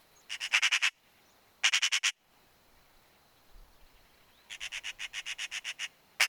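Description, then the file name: Eurasian magpie chattering in dry, rattling bursts of rapid harsh notes, the third burst the longest. "Pica pica"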